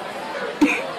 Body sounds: coughing mixed with background sound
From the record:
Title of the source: 64 coughing, allergies, singing lungs

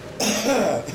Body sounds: coughing mixed with background sound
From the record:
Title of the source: Spring Cold Coughing 3

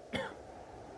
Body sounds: coughing mixed with background sound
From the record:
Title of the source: Coughing Man Sound - Man Cough Sound Effect

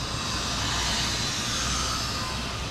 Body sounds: background sound without coughing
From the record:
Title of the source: 30 MINUTES Construction Site Ambience (CC BY 4.0)

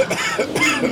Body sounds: coughing mixed with background sound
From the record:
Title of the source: Dry Afternoon Cough

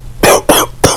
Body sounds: coughing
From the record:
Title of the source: Coughing 79

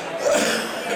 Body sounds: coughing mixed with background sound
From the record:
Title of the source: Wet Throat Infection Cough

